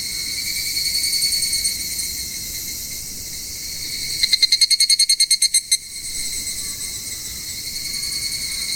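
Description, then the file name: Evening cicada giving a burst of rapid, evenly spaced pulsed notes lasting about a second and a half, set against a continuous shrill insect chorus. "higurashi"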